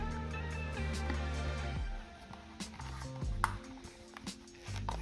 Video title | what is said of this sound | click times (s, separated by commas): Temperature Position Sensor Splicing-(P0128) update! | that click that's a good sign | 3.4 s